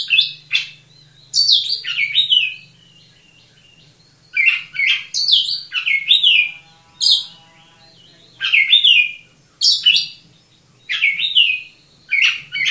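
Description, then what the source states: Oriental magpie-robin giving clear, loud whistled phrases, several sliding down in pitch, in clustered bursts with pauses between; faint low hum behind. Local name kacer; described as 'gacor', vigorous continuous singing.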